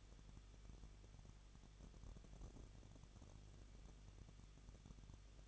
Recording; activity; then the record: daily activity, microphone in the room; no activity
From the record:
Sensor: 4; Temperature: 23.1 degrees Celsius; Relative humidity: 34.0%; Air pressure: 1007.2 hPa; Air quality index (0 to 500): 216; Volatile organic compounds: 15 ppm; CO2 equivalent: 2490 ppm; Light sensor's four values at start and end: 2/3/1/1 and 2/3/1/1